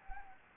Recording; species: mosquito wingbeat signal from an infrared sensor; Anopheles gambiae